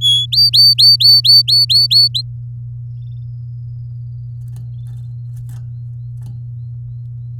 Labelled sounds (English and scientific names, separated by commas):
Domestic Canary (Serinus canaria) song